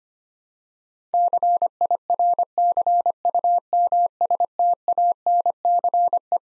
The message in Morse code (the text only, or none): CIRCUMSTANCE